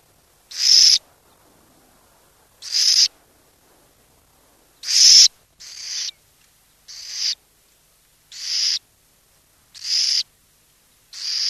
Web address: burrowing owl